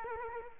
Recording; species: mosquito wingbeat signal from an infrared sensor; Culex quinquefasciatus